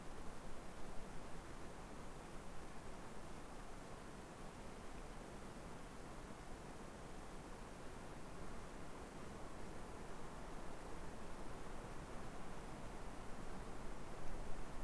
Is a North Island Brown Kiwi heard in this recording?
no